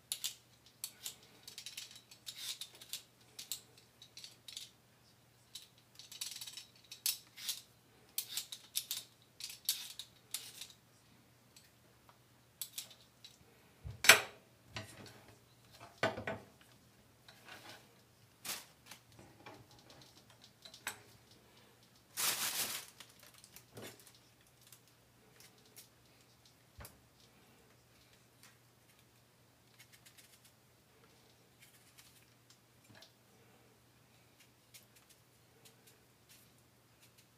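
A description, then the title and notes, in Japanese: Kitchen prep for making food ahead for bento lunches: scattered clinks, taps and clatters of utensils and dishes, with a few louder rustling bursts around 14, 16 and 22 seconds. Handling is busy for the first twenty-five seconds, then thins out. A low steady hum runs underneath. 環境音 弁当用につくりおき。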